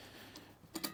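A rubber snap-in valve stem is levered with a tool into the valve hole of a restored steel factory Ford truck wheel. Quiet low rumble gives way to two short, bright clicks near 0.8 s, the sharpest at 0.9 s. Nothing has seated yet; the clip ends just before the stem goes home.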